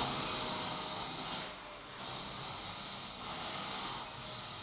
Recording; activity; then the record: daily activity, microphone in the room; vacuum cleaning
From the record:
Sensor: 3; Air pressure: 1002.0 hPa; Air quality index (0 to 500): 248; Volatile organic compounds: 52 ppm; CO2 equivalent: 3321 ppm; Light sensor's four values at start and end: 12/36/16/13 and 12/36/16/13